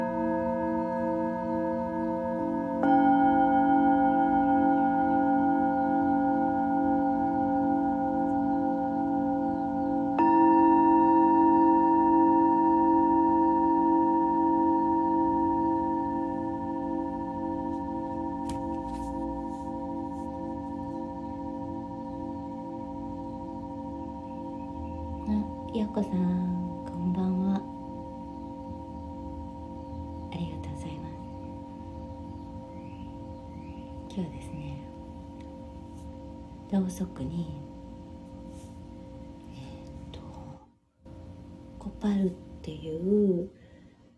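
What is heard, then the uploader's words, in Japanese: Singing bowls ring out for sound healing, struck near 3 and 10 seconds, each strike adding a bright, long-sustaining tone over a steady low hum that slowly fades. Later, short bursts of voice or soft handling sounds appear around 25 seconds and near the end, with a brief drop to near silence at 41 seconds. メキシコから シンギングボウルのサウンドヒーリング ライブ。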